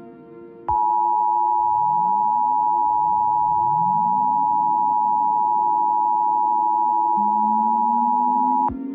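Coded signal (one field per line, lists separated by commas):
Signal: Emergency Alert System (SAME) tones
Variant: 853 and 960 Hz attention tone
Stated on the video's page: Fictional analog-horror EAS scenario.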